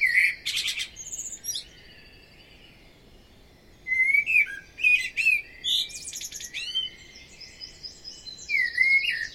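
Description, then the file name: Common blackbird song: a loud fluty opening, then a lull, then several clear whistled notes and squeaky twittered endings. "Amsel"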